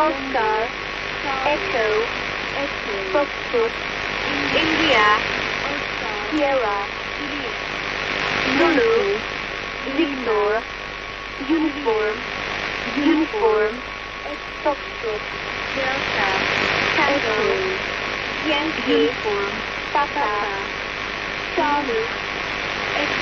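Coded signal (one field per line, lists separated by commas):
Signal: numbers station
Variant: English phonetic alphabet letters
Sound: voice reading phonetic-alphabet letters one by one, evenly spaced, over hum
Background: radio static, hum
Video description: Numbers station (probably E15 or E10 - Mossad) received on 14th February 2010 at 01:34 UTC on 6840 kHz USB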